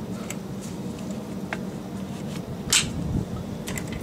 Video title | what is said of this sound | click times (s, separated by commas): How to grease the wide angle joint on a pto drive shaft - part 1 - Comer industries | clicks into place ensure it's locked on | 1.5 s